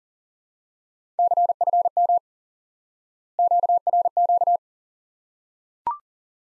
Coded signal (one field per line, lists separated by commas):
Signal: Morse code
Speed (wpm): 40 wpm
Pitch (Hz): 700 Hz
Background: none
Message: CFM QRQ